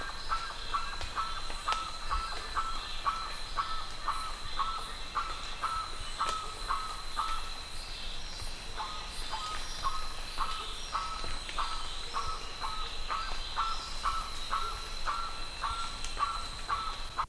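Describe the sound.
Bird call, a short clear note repeated steadily many times, with a brief pause midway, over faint chirps and hiss.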